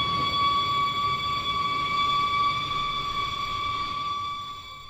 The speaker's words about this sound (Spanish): Pero no, mi amor, esa sirena no suena por nosotros. Vamos a hacernos a un lado y darles paso.